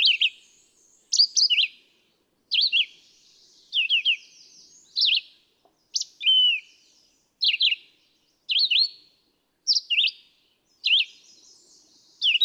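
Red-eyed vireo repeating short, varied whistled phrases at a steady pace, about one per second, over a quiet background.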